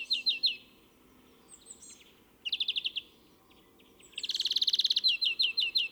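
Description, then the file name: European greenfinch-type twittering in short bursts of rapid chirps, with a dense buzzy rattle near the end followed by more quick notes. "Chloris chloris"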